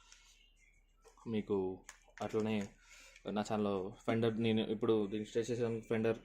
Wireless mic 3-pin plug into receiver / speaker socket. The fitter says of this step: and దీన్ని ఖచ్చితంగా చేస్తే ఇక్కడ క్లిక్ సౌండ్ వస్తుంది